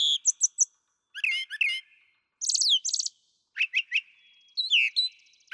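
Brown thrasher song of rapid clicky notes, rasping phrases and downslurred whistles, with each varied phrase given once or twice before switching.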